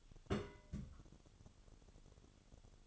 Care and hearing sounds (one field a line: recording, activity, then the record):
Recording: daily activity, microphone in the room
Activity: place on stove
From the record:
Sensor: 4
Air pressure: 1008.7 hPa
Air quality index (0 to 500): 109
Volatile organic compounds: 1 ppm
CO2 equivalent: 810 ppm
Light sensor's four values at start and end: 10/22/8/8 and 10/22/9/8